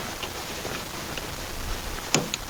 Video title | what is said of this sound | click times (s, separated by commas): How to Remove and Replace a Nissan Tiida Fuel Pump and Sender - Parts Factory Australia | hear it click and then | 2.1 s